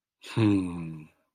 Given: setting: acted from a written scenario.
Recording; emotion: vocal sound without words; contentment